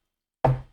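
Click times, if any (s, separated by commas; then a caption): 0.4 s. An end section of a lightsaber hilt is twisted counterclockwise, and the twist-lock holding the internal electronics chassis pops free at 0.5 s. After near silence, a single sharp, knock-like pop rings briefly with a low hum and fades out by about 0.75 s. The chassis is released and can be pulled out of the hilt.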